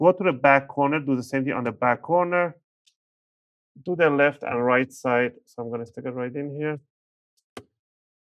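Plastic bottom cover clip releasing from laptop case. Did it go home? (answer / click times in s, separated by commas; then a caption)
released / 7.6 s. A guitar pick is pushed 2–3 mm into the seam between the plastic case and bottom cover of an HP 14-cm0008la laptop and twisted to pop the plastic retaining clips open while someone talks. After a pause, one sharp, loud click at 7.6 s marks the bottom cover clip snapping open and releasing.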